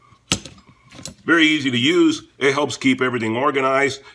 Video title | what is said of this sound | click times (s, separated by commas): Harbor Freight Pittsburgh Wrench Rack Review Plus Free DIY Wrench Rack Tool Organizer | pops right in no trouble so very convenient rack | 0.3 s